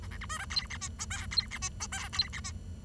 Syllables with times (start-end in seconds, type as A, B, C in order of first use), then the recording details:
0.02-0.07 A, 0.11-0.17 B, 0.21-0.26 C, 0.29-0.38 D, 0.39-0.45 E, 0.50-0.66 F, 0.70-0.77 G, 0.81-0.88 H, 0.99-1.05 I, 1.10-1.26 J, 1.31-1.47 F, 1.51-1.58 G, 1.62-1.69 H, 1.80-1.87 I, 1.92-2.08 J, 2.13-2.28 F, 2.33-2.40 G, 2.44-2.52 H. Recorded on 23 June 2012 at 10:20. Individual gr41rd51